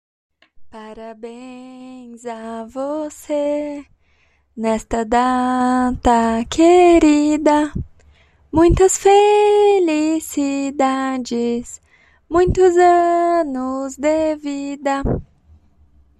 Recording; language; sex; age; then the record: short text; Brazilian Portuguese; female; 20 to 29 years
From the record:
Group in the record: control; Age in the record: 25 years